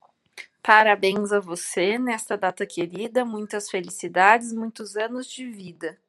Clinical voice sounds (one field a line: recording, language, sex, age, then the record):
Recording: short text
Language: Brazilian Portuguese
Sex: female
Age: 30 to 39 years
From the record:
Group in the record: control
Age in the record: 31 years